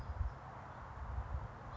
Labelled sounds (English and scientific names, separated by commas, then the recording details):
House Finch (Haemorhous mexicanus)
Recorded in Sonoma County, California